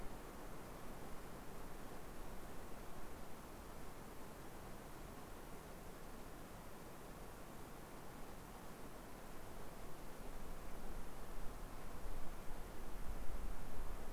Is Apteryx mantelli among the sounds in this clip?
no